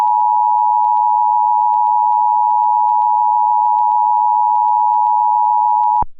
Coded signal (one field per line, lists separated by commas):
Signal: Emergency Alert System (SAME) tones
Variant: 853 and 960 Hz attention tone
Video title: EAS Scenario: Mobius City Metal Virus Part 1